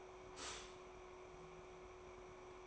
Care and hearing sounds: daily activity, microphone in the room; stop toaster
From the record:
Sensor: 1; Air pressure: 1014.7 hPa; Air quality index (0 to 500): 199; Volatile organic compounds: 33 ppm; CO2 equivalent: 3017 ppm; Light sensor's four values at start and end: 3/8/3/3 and 3/8/3/3

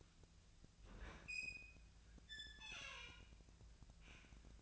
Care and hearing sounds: daily activity, microphone in the room; open fridge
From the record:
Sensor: 2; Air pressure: 1009.6 hPa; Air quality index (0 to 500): 184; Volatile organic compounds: 11 ppm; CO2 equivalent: 2288 ppm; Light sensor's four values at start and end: 26/64/28/30 and 26/64/28/30

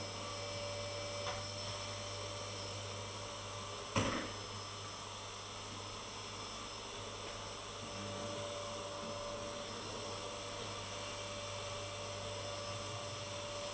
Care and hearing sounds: daily activity, microphone in the room; vacuum cleaning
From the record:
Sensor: 4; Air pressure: 1008.5 hPa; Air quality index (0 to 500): 62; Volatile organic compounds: 1 ppm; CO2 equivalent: 598 ppm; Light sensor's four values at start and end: 14/31/12/12 and 14/31/12/12

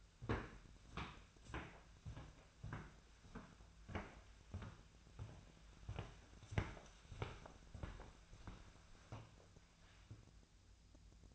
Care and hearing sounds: daily activity, microphone in the room; walk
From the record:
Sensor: 2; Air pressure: 1008.3 hPa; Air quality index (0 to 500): 181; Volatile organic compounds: 10 ppm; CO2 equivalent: 2233 ppm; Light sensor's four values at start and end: 15/36/15/16 and 15/36/15/16

